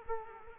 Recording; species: mosquito wingbeat signal from an infrared sensor; Culex quinquefasciatus